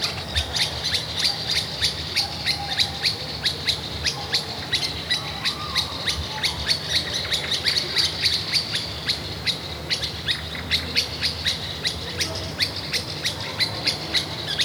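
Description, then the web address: Birds chirping in a dense chorus, sharp high chirps overlapping almost continuously throughout, over a low steady hum. Recorded at a kasbah in Tiznit, part of an oasis soundscape series. "son resonances oasiennes 29 tiznit 13 kasbah oiseaux"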